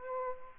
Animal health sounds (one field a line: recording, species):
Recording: mosquito wingbeat signal from an infrared sensor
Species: Aedes aegypti